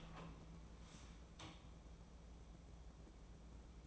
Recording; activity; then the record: daily activity, microphone in the room; open door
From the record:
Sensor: 1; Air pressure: 1012.3 hPa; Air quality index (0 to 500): 166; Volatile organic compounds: 3 ppm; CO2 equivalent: 1359 ppm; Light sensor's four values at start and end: 802/1793/821/964 and 801/1787/820/962